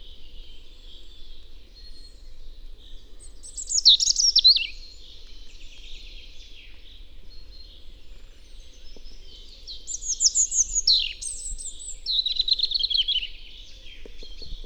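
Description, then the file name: European robin delivering short phrases of high, sparkling, trilled notes, one early and a longer pair later, with soft background hiss between. "Erithacus rubecula"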